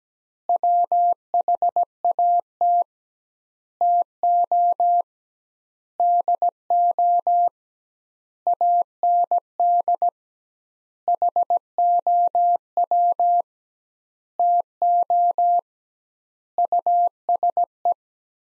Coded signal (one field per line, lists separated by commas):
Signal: Morse code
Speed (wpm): 17 wpm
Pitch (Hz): 700 Hz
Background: none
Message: WHAT TO DO AND HOW TO USE